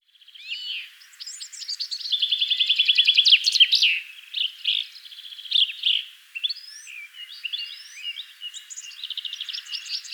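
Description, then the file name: Chaffinch song: a bright trill of repeated notes ending in a quick flourish, followed by scattered chirps and short phrases. "Fringilla coelebs"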